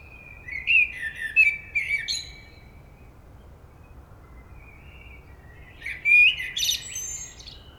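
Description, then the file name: Common blackbird song: a fluty warbled phrase with a squeaky ending, a long pause, then a second phrase with a high twittering finish. "Turdus merula"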